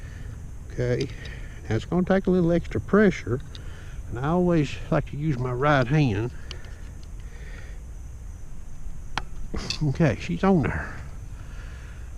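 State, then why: Seated. A man talks while pushing an arrow home into a Ravin crossbow with extra pressure from his right hand, using a nock tool. A sharp little click at 9.2 s marks the arrow nock seating in the crossbow's string capture. He then talks again.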